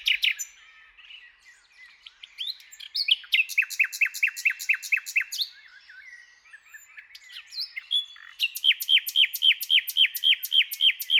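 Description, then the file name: Common nightingale song: rapid repeated down-sweeping notes in fast rattling series between softer chattering phrases, the final series loud and regular. "Luscinia megarhynchos"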